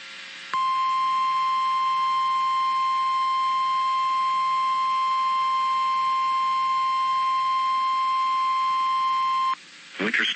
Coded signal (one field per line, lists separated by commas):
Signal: Emergency Alert System (SAME) tones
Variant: 1050 Hz attention tone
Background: speech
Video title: Winter Storm Warning [EAS #233]